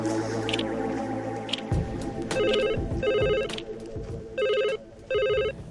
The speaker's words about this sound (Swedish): Och då ringde telefonen.